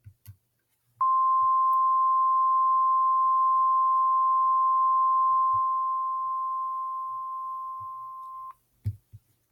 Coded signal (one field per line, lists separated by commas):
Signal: Emergency Alert System (SAME) tones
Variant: 1050 Hz attention tone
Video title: EAS Mock: Roanoke Inundation